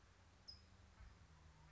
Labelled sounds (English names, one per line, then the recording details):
California Towhee
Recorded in Sonoma County, California